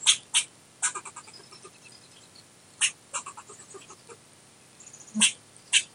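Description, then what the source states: Squirrel chatter: scattered harsh clicking bursts with short runs of fainter pulses between them, irregularly spaced. Chattering, recorded in Lincoln, Nebraska, on 4/3/2016.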